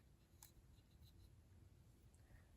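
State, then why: Seated. Two plastic LEGO Technic parts of a LEGO printer are pressed together, fitting a Technic subassembly into the printer frame. A single short, sharp click sounds at 0.4 s over a low background hum, with a few faint ticks after it. The parts seat into place.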